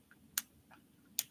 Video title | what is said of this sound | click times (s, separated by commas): Let's Chat! January 10, 2025 | it makes a click a clicky sound | 0.4 s, 1.2 s